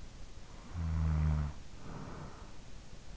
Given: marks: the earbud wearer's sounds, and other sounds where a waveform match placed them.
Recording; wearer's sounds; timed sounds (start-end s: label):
sounds in sleep by an in-ear microphone; snoring breath
0.12-3.15 s: snoring breath